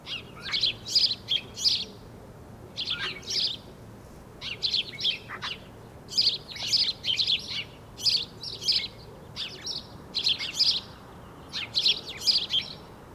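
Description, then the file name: House sparrow chirping in bursts of two or three short notes, repeated throughout with pauses between groups. "Passer domesticus"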